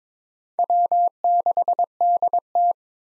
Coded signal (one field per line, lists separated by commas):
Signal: Morse code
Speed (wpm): 21 wpm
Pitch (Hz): 700 Hz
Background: none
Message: W6DT